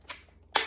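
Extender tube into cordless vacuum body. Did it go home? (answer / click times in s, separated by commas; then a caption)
yes / 0.6 s. A plastic extender tube is pushed button end first onto a cordless vacuum body. A faint sharp tick comes at 0.1 s, then a loud, bright snap at 0.6 s that fades over a short tail. That snap is the tube latching, firmly seated in the vacuum.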